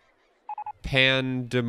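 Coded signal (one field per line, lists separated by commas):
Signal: none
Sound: game interface beeps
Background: speech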